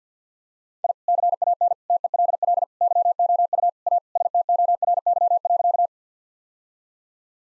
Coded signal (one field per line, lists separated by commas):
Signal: Morse code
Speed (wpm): 50 wpm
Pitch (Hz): 700 Hz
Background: none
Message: I CAN TELL YOU A STORY.